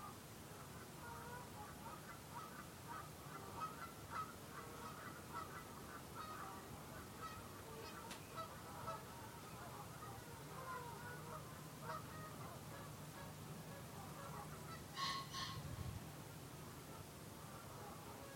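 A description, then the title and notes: Canada geese murmur softly and continuously over the salt marsh, a low steady hum beneath, with one sharper honk around fifteen seconds. The soft crooning of nesting geese on the Dyfi Estuary. We're sitting on a wooded promontory above the Dyfi Estuary in the RSPB's magical Ynys Hir reserve. It's early April, there's a chill in the air but the wind has dropped allowing the gentle murmuring of Canada geese to rise over the salt marshes.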